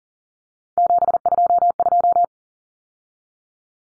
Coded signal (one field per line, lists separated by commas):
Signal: Morse code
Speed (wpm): 40 wpm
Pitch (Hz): 700 Hz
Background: none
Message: 722